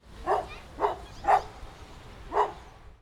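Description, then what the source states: Dog barking in single woofs, four barks within three seconds, the last after a short pause. A big dog.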